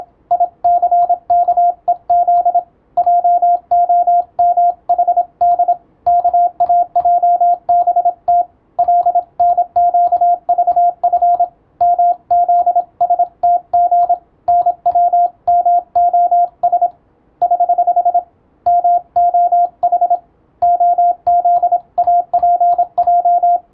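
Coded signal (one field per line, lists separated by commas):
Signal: Morse code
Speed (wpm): 27 wpm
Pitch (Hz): 700 Hz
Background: radio noise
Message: ICKEZ JOMHD KAJBT LNQVF MZSTG NWMOS <HH> MOH OZAPJ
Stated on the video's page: Morse receiving practice using European-language telegram practice text, as in radiotelegraph operator training.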